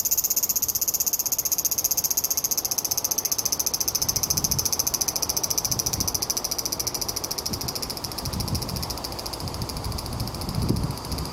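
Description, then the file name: Large brown cicada song, a steady sizzling buzz held without a break throughout, with a few soft low thumps from about the fourth second on. "セミ アブラゼミの鳴き声"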